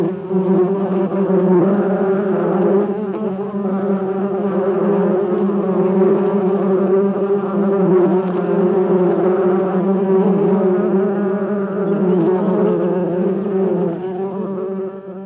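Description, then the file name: Bee buzz, a continuous droning hum wavering slightly in loudness, fading a little near the end. "Bienen summen"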